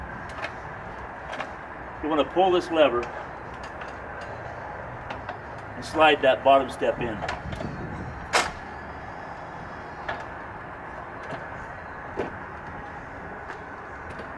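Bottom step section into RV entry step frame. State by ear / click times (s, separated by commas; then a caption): not seated / none. Someone talks while pulling the release lever on a metal RV entry step and sliding the bottom step section into the step frame toward its stowed position, with a few brief knocks and clacks of handling along the way. The clip ends before the part goes home, so nothing has seated or locked yet.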